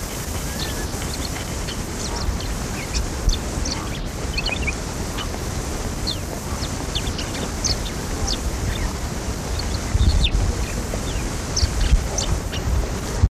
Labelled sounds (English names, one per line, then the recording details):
Yellow-throated Sparrow call
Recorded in captivity
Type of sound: call
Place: Jodhpur, IN
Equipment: Halbspur, 9,5 cm/s
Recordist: Lütgens, Hans
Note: Rufe